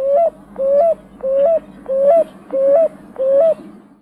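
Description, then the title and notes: Picui ground dove giving a steady series of six soft, rising coos, each short and evenly spaced. Bahía Blanca; song a repeated, emphatic 'uuú.. uuú..', heard from spring into summer even in the hottest hours; usually in small flocks or pairs. "Museo de Ciencias de Bahía Blanca. Torcacita ( Columbina picui)"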